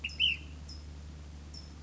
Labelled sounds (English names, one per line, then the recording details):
Ash-throated Flycatcher
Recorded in Sonoma County, California